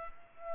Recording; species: mosquito wingbeat signal from an infrared sensor; Culex pipiens